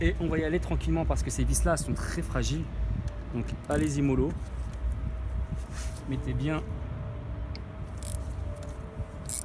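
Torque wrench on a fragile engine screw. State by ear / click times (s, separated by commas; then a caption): torque reached / 9.3 s. A torque wrench set low, at about 20, is slowly tightening a fragile screw on a 2.0 TDI engine (Audi, Seat, Skoda, Volkswagen) during an oil and filter change. Someone talks over light metallic ratcheting and rattling. At 9.3 s the wrench gives a sharp click as it reaches its setting and the screw is tight.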